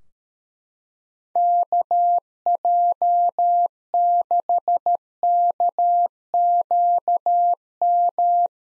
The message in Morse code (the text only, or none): KJ6KQM